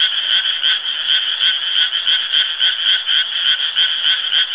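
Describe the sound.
Frog giving continuous rapid pulsed croaks, a buzzy rattle repeating several times per second without pause, the only sound present.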